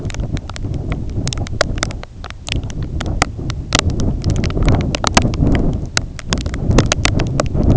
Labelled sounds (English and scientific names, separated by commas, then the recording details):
none
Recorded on Arctic tundra, site IGLO-A, on 20 June 2018
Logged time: 21:59